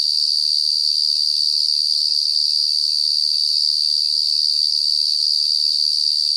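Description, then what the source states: Cicada call: an intense, unbroken high-pitched buzz that stays level for the whole stretch. Obnoxiously loud cicada calling at dusk in African savanna at South Luangwa; recorded with Sony PCM A10 and Lom mikroUsi microphones.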